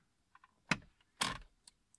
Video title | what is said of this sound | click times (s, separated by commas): E46 Multifunction Steering Wheel Retrofit DIY Guide with Radio and Cruise Control Buttons | hear it pop okay so you see this this part here popped and now | 0.7 s